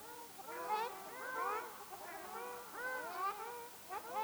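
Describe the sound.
Ruddy shelduck uttering wavering nasal honks, a few overlapping calls rising and dipping in pitch.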